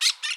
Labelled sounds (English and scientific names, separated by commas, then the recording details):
Brown-throated Parakeet (Eupsittula pertinax) contact call
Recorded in Bonaire
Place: 1 km E of roosting area just N of Seru Largu
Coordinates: 12.199, -68.268